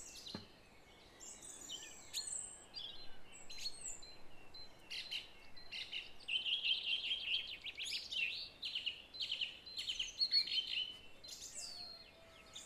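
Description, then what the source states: Song thrush singing a busy run of high, varied chirps and twittering notes over a soft background hiss. Recorded at 06:00.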